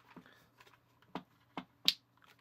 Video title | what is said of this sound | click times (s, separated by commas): Crayola Paint Maker! LPS-Dave Paints A Picture! | I guess when you hear that click, you know for sure it's in. | 1.9 s